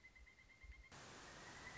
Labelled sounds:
Pileated Woodpecker
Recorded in Sonoma County, California

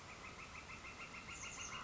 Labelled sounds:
Northern Flicker
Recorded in Sonoma County, California

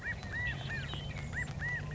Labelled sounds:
California Quail
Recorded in Sonoma County, California

